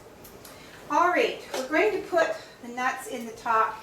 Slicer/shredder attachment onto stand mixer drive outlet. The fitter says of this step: and then turn it to the front and that locks it in place